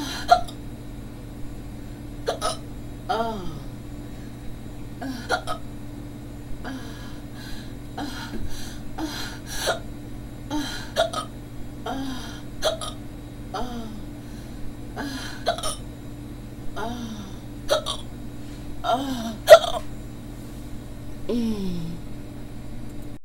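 An adult's repeated sharp hiccups, each with a brief squeaky voiced catch, coming every one to two seconds over a steady background hum.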